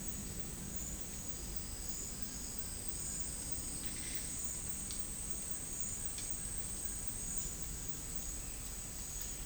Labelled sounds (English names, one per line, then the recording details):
none
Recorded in dense forest near Puerto Asís, Putumayo, Colombia, on 21 March 2025 at 11:30
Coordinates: 0.484, -76.317
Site G064